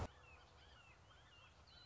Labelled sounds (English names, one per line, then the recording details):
Red-shouldered Hawk
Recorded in Sonoma County, California